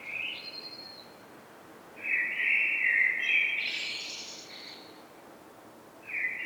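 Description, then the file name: Common blackbird song: a short fluty phrase, then a longer mellow warbled phrase ending in high squeaky twitters, with another phrase starting at the end. "Turdus merula"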